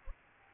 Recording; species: mosquito wingbeat signal from an infrared sensor; Aedes albopictus